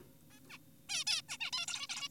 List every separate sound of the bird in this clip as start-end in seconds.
0.31-0.40, 0.50-0.58, 0.89-1.04, 1.07-1.22, 1.29-1.38, 1.40-1.51, 1.53-1.66, 1.68-1.87, 1.90-2.09